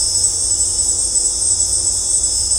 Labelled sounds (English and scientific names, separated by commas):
none